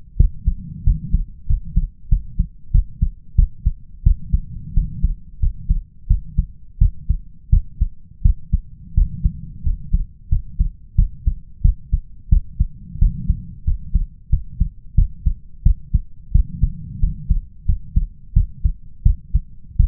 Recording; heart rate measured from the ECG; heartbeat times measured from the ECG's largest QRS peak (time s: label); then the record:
heart sounds by stethoscope; 89 bpm
0.16 s: heartbeat
0.83 s: heartbeat
1.46 s: heartbeat
2.08 s: heartbeat
2.71 s: heartbeat
3.35 s: heartbeat
4.03 s: heartbeat
4.73 s: heartbeat
5.39 s: heartbeat
6.07 s: heartbeat
6.78 s: heartbeat
7.49 s: heartbeat
8.22 s: heartbeat
8.94 s: heartbeat
9.62 s: heartbeat
10.28 s: heartbeat
10.95 s: heartbeat
11.61 s: heartbeat
12.29 s: heartbeat
12.98 s: heartbeat
13.64 s: heartbeat
14.29 s: heartbeat
14.94 s: heartbeat
15.62 s: heartbeat
16.31 s: heartbeat
16.99 s: heartbeat
17.65 s: heartbeat
18.33 s: heartbeat
19.02 s: heartbeat
19.76 s: heartbeat
From the record:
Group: healthy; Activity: rest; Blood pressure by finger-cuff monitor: 120/83 mmHg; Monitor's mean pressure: 95 mmHg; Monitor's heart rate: 90 bpm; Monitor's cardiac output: 6.6 L/min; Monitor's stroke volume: 74 mL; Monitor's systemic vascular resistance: 1060 dyn s/cm5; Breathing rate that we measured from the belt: 15 breaths a minute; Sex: male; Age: 21 years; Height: 180 cm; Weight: 67.5 kg